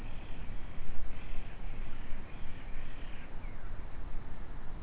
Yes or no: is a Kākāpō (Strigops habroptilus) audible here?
no